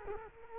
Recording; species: mosquito wingbeat signal from an infrared sensor; Culex quinquefasciatus